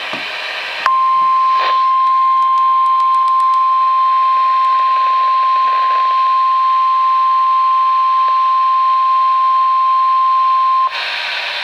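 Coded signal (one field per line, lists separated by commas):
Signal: Emergency Alert System (SAME) tones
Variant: 1050 Hz attention tone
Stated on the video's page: EAS tones received on a Midland NOAA Weather Radio for a special marine warning and a severe thunderstorm warning.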